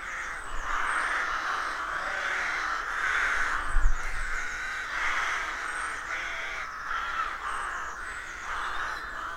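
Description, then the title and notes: Rooks: massed caws rising and falling in waves, with a brief low thump partway through. Rook colony of more than 300 birds nesting in a dozen roadside trees, deeply rural County Armagh, early spring; pairs greeting, squabbling with neighbours as first chicks hatch. "Sound Escape 113: Enjoy the stirring cacophony of a rook colony. We wandering in deeply rural County Armagh. It's early spring and the rooks rule the woodlands. BBC Countryfile Magazine's Sound Escapes"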